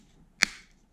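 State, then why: Seated. The plastic battery cover cap of a BMW F30/31/32 car key fob is slid in at the bottom flap and pushed down over the coin cell. A single sharp, bright click rings out at 0.4 s against quiet background, and a short tail fades by about 0.6 s. The cover snaps shut and seats fully.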